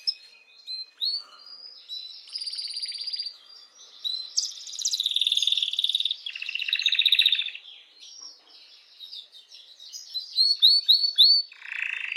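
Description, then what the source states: Canary song mixing chirps, buzzy trills and rolling phrases, ending with a quick run of rising notes and a harsh buzz. Belgian mosaic canary.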